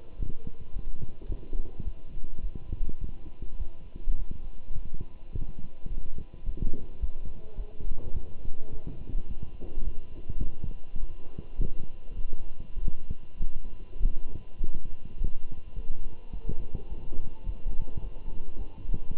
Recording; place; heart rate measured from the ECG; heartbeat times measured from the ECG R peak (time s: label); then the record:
heart sounds by stethoscope; between the tricuspid and mitral areas; 104 bpm
0.17 s: heartbeat
0.73 s: heartbeat
1.28 s: heartbeat
1.84 s: heartbeat
2.43 s: heartbeat
3.00 s: heartbeat
3.59 s: heartbeat
4.18 s: heartbeat
4.75 s: heartbeat
5.32 s: heartbeat
5.89 s: heartbeat
6.45 s: heartbeat
7.01 s: heartbeat
7.57 s: heartbeat
8.14 s: heartbeat
8.70 s: heartbeat
9.28 s: heartbeat
9.86 s: heartbeat
10.43 s: heartbeat
11.00 s: heartbeat
11.57 s: heartbeat
12.16 s: heartbeat
12.76 s: heartbeat
13.38 s: heartbeat
13.99 s: heartbeat
14.58 s: heartbeat
15.17 s: heartbeat
15.75 s: heartbeat
16.32 s: heartbeat
16.89 s: heartbeat
17.46 s: heartbeat
18.01 s: heartbeat
18.58 s: heartbeat
19.17 s: heartbeat
From the record:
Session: walking at 3.7 km/h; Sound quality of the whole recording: good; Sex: male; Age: 24 years